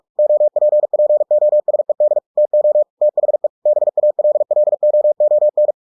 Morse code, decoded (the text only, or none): OPPOSED TO THE BALLOON